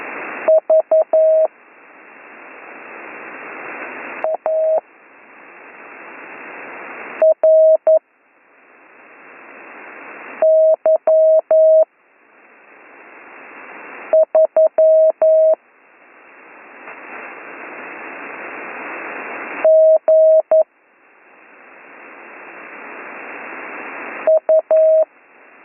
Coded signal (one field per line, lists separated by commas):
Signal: Morse code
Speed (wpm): 11 wpm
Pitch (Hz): 640 Hz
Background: none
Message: V A R Y 3 G U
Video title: Slow Morse Code Course - Week 7 - Learn Morse Code